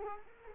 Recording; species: mosquito wingbeat signal from an infrared sensor; Culex quinquefasciatus